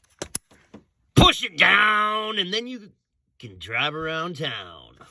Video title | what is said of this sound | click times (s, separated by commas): Pontiac, Grand Prix, fuel line leak, repair, simple and easy | when it goes in correctly you will hear it click | 0.2 s, 0.4 s